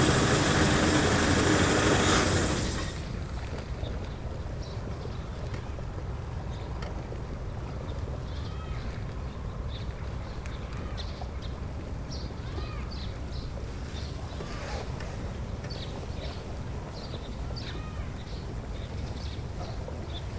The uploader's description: Boat pass and wake. Fishing net lower. Machine.